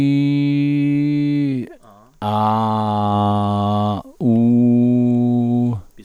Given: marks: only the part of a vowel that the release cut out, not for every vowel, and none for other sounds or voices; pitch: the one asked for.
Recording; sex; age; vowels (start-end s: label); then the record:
sustained vowels; male; 60 to 69 years
0.00-1.39 s: vowel /i/, normal pitch
2.40-3.80 s: vowel /a/, normal pitch
4.33-5.60 s: vowel /u/, normal pitch
From the record:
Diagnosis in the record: orofacial dyspraxia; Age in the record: 69 years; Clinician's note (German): KK ohne Befund, diskrete Bewegungsstörung